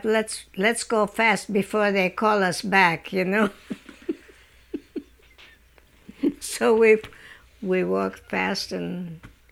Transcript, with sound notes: Let's go fast before they call us back." You know. ( she laughs ) So we, we walked past. And